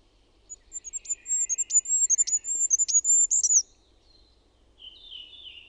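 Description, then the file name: Goldcrest song, a fast string of very high, thin see-saw notes growing louder and closing with a brief twirl, then a lower, scratchy sound. "HIPPIAINEN"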